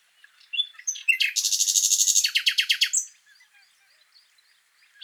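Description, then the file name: Common nightingale song: a few scattered notes, then a loud buzzy pulsed trill and a run of rapid, sharply repeated descending notes, followed by quiet pauses. "Luscinia megarhynchos"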